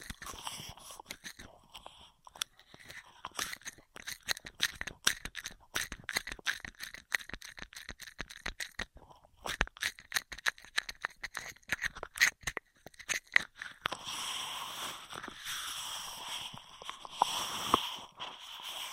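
Straw sounds with rapid, crackly clicks and rattles that come in dense bursts through the first fourteen seconds, with a short quieter gap near nine seconds. After fourteen seconds it turns into a steadier, brighter rustling hiss with a few sharp pops on top.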